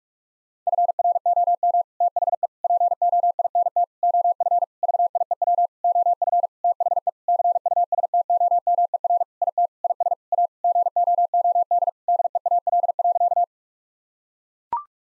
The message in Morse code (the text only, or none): FROM THE POINT OF VIEW OF THE CUSTOMER IT IS A GOOD DEAL.